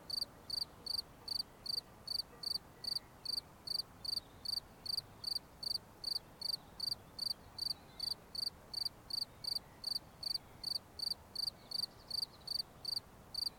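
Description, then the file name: A cricket's chirps tick along at a steady pace of about two and a half per second, sharp and high-pitched over quiet hiss. "Grillons"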